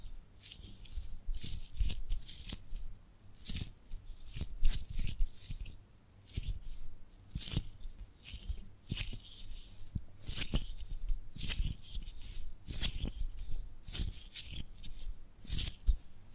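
Irregular tapping and gripping sounds, crisp scratchy bursts recurring every second or so, each with a soft low thump beneath a faint hiss.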